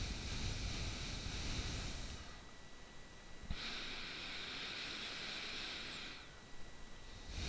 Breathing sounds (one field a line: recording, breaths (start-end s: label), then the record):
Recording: nose breathing near a microphone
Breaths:
0.00-2.82 s: exhalation
2.82-7.02 s: inhalation
7.02-7.49 s: exhalation
From the record:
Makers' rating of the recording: bad